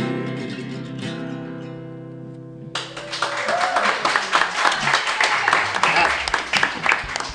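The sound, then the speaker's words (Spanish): A sustained musical tone fades out, then an audience breaks into loud, dense applause that swells and keeps going steadily to the end. “Qué divertido es el boludo que arranca el aplauso, me encanta eso.”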